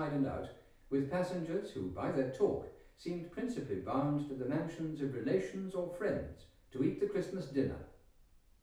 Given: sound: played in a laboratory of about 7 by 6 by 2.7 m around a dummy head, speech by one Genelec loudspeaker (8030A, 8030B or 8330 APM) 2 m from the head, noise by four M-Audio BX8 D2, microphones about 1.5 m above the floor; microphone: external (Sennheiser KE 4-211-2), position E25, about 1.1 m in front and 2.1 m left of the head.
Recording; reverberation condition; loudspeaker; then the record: male speech in English; medium; 120 degrees to the right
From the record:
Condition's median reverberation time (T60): about 510 ms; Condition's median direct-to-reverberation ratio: about -0.5 dB